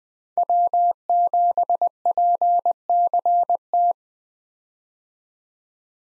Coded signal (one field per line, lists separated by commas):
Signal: Morse code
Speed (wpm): 21 wpm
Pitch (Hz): 700 Hz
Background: none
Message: W7PCT